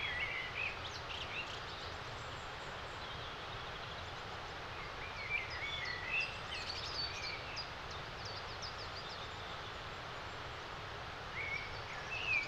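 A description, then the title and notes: A rushing torrent pours down a steep rocky gorge, a dense, unbroken roar that holds level from start to finish and fills everything from deep rumble to bright hiss. Small birds chirp faintly above it, near the start, around the middle and at the end. Waterfall gorge on Dartmoor (high definition spatial sound). A rushing torrent cascades, down a precipitous rocky gorge. We made this recording in April 2022.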